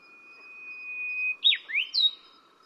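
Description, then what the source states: Brownish-flanked bush warbler singing one drawn-out level whistle that breaks into an abrupt twisting flourish of three louder notes, the last highest. Recorded at Yushan.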